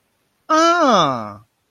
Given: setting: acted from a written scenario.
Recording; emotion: vocal sound without words; realization